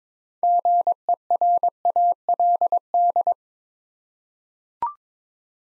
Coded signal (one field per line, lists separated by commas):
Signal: Morse code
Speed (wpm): 22 wpm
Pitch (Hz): 700 Hz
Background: none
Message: GERALD